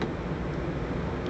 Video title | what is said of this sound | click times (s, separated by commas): Replacing a Motorola Milestone Motherboard AKA How to make your VZW DROID run on GSM | just snap that apart, being careful not to break it. | 0.0 s